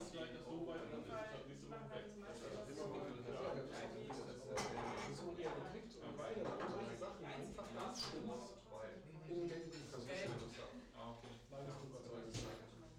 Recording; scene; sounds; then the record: everyday scene through a hearing-aid microphone; many people talking; many voices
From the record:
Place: bistro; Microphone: in the ear canal, left